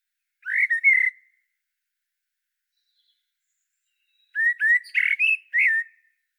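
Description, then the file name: Common blackbird singing two fluty phrases, the first short and slurred, the second longer with several rich whistled notes and high scratchy twitters, separated by a silent pause. "Turdus merula"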